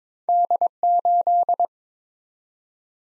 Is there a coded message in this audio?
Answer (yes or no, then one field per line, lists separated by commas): yes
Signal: Morse code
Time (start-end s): 0.3-1.7 s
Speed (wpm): 22 wpm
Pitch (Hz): 700 Hz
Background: none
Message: D8